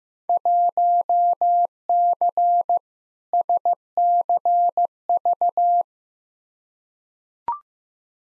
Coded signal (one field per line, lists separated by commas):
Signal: Morse code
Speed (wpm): 15 wpm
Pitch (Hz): 700 Hz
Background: none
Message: 1C SCV